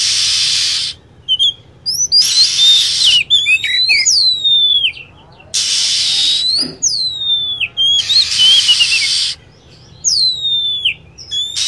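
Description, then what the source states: Lovebird chatter: shrill sweeping whistles and rapid chirps interleaved with loud, raspy screech bursts at irregular intervals. Lure recording used to attract lovebirds.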